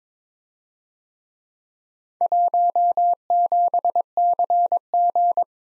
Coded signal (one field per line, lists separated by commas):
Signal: Morse code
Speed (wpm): 26 wpm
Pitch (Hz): 700 Hz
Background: none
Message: 17CG